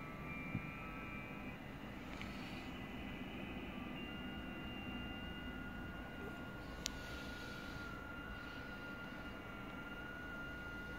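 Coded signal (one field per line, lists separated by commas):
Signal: FT8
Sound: several faint steady warbling tones at different pitches under loud hiss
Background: radio static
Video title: VP2V/K6NAO, British Virgin Islands, 14MHz, FT8, Worked by HL2WA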